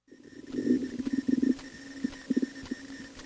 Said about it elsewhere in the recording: I have a stethoscope sort of cling-filmed to my stomach. We're about to listen to me digesting my lunch.